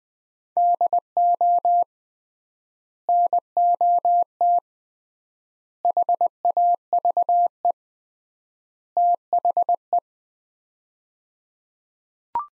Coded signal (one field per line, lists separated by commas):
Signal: Morse code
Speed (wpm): 20 wpm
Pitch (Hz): 700 Hz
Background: none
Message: DO NOT HAVE THE